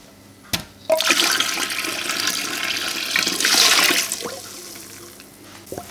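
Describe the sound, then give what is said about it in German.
A sudden rush of hot water pours steadily for a few seconds into an electric canning pot set to 90 degrees and already half full, topping it up to three-quarters. It is a broad hissing splash that swells louder midway, then tapers off with a few small knocks and trickles. “Und den muss ich jetzt noch auffüllen, dass wir auf 3/4 kommen.”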